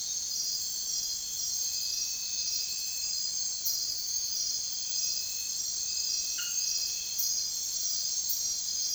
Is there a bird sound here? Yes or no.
no